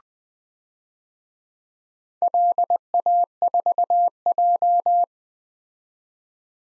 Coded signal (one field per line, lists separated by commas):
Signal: Morse code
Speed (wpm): 20 wpm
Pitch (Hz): 700 Hz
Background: none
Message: LA4J